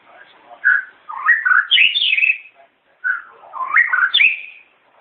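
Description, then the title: White-rumped shama song: two rich whistled phrases, each climbing through twisting notes to a high bright flourish, separated by a brief pause. "murai batu"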